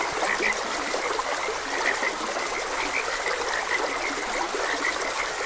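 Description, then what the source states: Frogs give short croaks again and again, partly blended into a steady, bubbling stream. Frogs croaking beside a gentle stream; continuous nature ambience.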